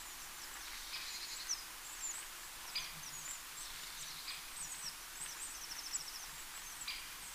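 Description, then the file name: Eurasian blue tit calling with high, thin notes and brief buzzy chattering phrases, scattered throughout over steady background hiss. "Cyanistes caeruleus"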